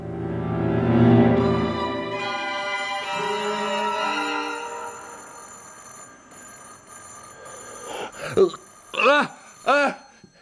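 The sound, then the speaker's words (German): A doorbell rings in the middle of the night with a bright, sustained metallic tone that slowly fades over several seconds, followed by a few short vocal sounds from a person. “Wie soll ich schlafen, wenn Sie mitten in der Nacht Sturm läuten?”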